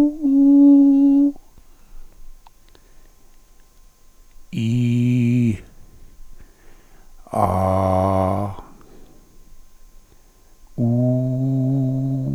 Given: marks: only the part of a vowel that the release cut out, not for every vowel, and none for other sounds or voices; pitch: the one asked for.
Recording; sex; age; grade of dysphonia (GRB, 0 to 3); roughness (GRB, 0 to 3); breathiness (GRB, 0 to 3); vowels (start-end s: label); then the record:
sustained vowels; male; 60 to 69 years; 3; 3; 2
0.37-1.16 s: vowel /u/, high pitch
4.87-5.50 s: vowel /i/, low pitch
7.68-8.38 s: vowel /a/, low pitch
11.05-12.08 s: vowel /u/, low pitch
From the record:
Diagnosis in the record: hyperfunctional dysphonia, contact pachydermia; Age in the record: 63 years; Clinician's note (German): Kontaktpachydermie ohne "Kontaktpachydermie"